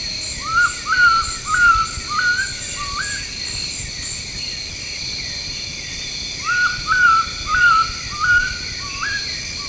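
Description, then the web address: Oriental bay owl calling with short upslurred whistles in two quick series of about five notes each, over a steady high insect chorus. Tropical Asia. "Birdsongs Site Tropical Asia"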